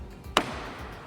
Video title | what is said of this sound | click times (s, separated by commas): Our Jeep Build Just Got Crazy! | hear that you hear that click. | 0.4 s